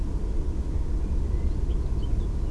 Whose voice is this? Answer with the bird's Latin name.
Sylvia atricapilla